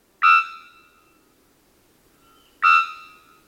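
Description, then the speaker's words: Three-wattled bellbird call, two loud abrupt metallic bonk notes with a ringing tail, about two and a half seconds apart, over quiet background. Call described as a literal 'bonk'; species known for its calls. "But that particular call is just bonkers. I mean, it is a bonk. It is like a literal bonk."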